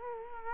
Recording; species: mosquito wingbeat signal from an infrared sensor; Culex quinquefasciatus